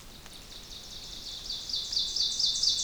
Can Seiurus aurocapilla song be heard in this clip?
yes